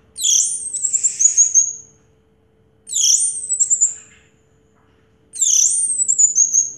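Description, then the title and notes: Orange-headed thrush song: three similar high phrases, each a sharp sweeping note followed by a descending, fluttering whistled trill, repeated about every two and a half seconds. Anis merah song in the 'teler' style, with a clear voice. "Anis Merah Teler Suara Jernih. suara anis merah"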